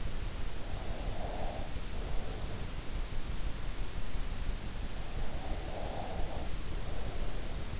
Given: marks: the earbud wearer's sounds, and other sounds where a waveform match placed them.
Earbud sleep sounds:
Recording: sounds in sleep by an in-ear microphone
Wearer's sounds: breath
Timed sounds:
1.08-2.82 s: breath
5.28-7.80 s: breath

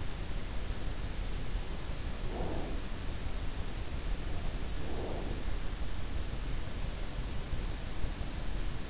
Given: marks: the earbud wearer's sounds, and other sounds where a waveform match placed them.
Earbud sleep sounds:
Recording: sounds in sleep by an in-ear microphone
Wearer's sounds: breath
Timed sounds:
2.30-2.82 s: breath
4.73-5.50 s: breath

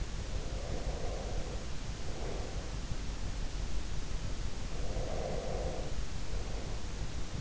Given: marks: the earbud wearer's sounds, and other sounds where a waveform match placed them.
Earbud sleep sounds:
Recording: sounds in sleep by an in-ear microphone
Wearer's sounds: breath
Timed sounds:
0.26-2.93 s: breath
4.55-7.41 s: breath

